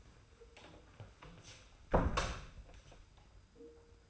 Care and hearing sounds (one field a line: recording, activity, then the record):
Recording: daily activity, microphone in the room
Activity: close door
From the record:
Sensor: 2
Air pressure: 991.5 hPa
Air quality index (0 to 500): 148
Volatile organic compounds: 382 ppm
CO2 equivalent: 4640 ppm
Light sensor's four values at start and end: 31/92/36/34 and 31/92/36/34